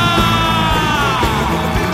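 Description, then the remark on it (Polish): A large crowd roars with cheers and yells, a loud, dense wall of many voices that holds steady for about two seconds without a break, cheering for the Polskie Radio team. “Hałas dla Polskiego Radia!”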